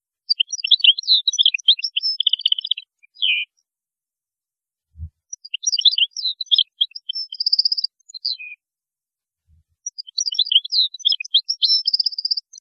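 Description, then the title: European goldfinch song: three long phrases of busy, liquid twitters and trills with short pauses between, plus faint low thumps. "Chant Chardonneret"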